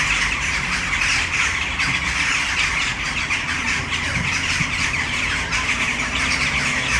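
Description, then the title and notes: Western jackdaws in a thick, noisy chorus of short, squawky calls running without pause. A tree full of jackdaws in Brno city centre, Czech Republic, recorded at sunset. "Malinovského nám. 571/1, 602 00 Brno-střed-Brno-město, Česko - Western jackdaws at sunset. A tree full of jackdaws in the city center of Brno"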